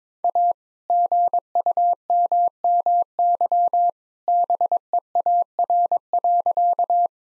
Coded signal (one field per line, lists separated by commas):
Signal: Morse code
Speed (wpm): 22 wpm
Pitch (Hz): 700 Hz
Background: none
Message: A GUMMY BEAR.